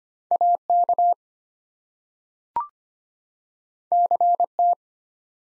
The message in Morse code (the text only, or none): AK CT